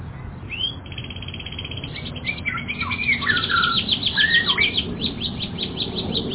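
Canary song opening with a rising whistle, then a rattling trill and a run of looping, swooping whistled notes, ending in fast chirps over background hum.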